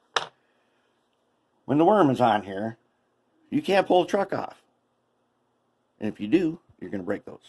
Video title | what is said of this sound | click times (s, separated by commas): Walthers Trainline Dash 8-40B B40-8 total rebuild | Kind of a snap joint. Whatever. It fits in there and it kind of snaps in place. | 0.2 s